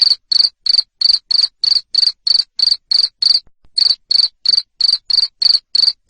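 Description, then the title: Cricket producing loud, high chirps in an even rhythm near three per second, pausing once briefly partway through. Loud cricket chirping used to stimulate lovebirds to sing continuously. "Suara JANGKRIK NGERIK Keras Bikin LOVEBIRD Jadi NGEKEK Terus Vubey"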